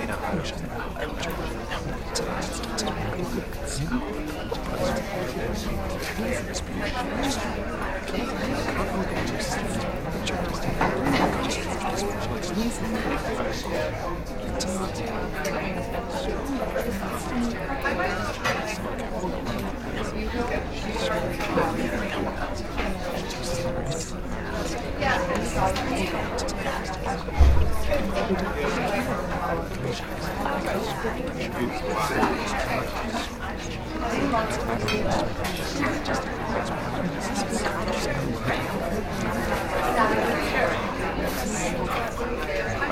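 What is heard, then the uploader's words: A busy cafeteria hums with overlapping voices, a dense, steady murmur of many conversations with no single speaker standing out. Low rumble runs underneath throughout, and a brief thump or knock sounds near the 27-second mark. CAFETARIA • The Ambient Noise Without the Bill.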